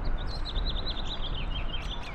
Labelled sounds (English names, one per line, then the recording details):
House Finch song
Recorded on Long Island, New York, on 15 April 2011
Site HE
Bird A